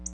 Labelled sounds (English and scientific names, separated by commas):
Black-throated Blue Warbler (Setophaga caerulescens) flight call